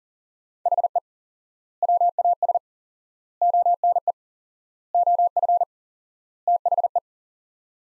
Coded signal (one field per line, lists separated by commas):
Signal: Morse code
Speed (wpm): 40 wpm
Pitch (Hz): 700 Hz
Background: none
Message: HE WAS ONE OF THE